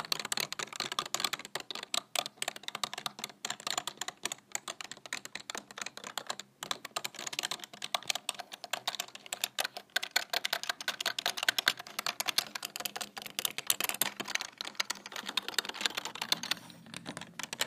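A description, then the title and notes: Fingers tap and scratch across a plastic keyboard, producing a dense, rapid stream of crisp clicks and rustling scrapes. The clatter stays fairly even for the whole stretch, with brief gaps around six and ten seconds. Tapping and scratching my manual plastic keyboard.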